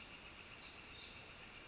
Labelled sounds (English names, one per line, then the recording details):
Northern Flicker
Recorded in Sonoma County, California